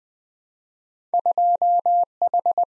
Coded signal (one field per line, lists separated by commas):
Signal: Morse code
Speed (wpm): 20 wpm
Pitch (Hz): 700 Hz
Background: none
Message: 2H